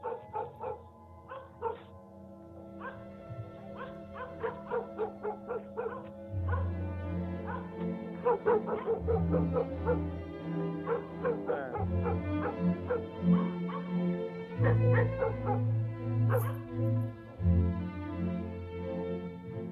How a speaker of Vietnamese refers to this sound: Đâu đó ở trong làng chỉ còn lại tiếng chó cắn ma hướng ra phía cánh đồng nhấm nha nhấm nhẳng đến rợn người.